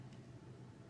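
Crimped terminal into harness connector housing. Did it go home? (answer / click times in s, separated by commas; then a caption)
no / none. A crimped terminal pin is handled as it is pushed toward its cavity in a plastic harness connector housing for a blind spot, radar and cruise control wire harness. Only a steady low rumble is heard, with no sharp sounds. Nothing has seated or clicked yet; the terminal is not yet home.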